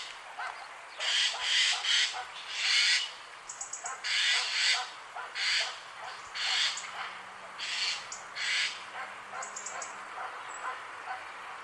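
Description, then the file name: Eurasian jay giving harsh, rasping screeches in short bursts, often paired, repeated throughout, with faint soft bird notes underneath. "Gaai Garrulus glandarius"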